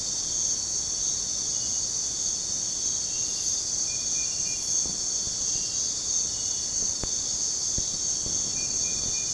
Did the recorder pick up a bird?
no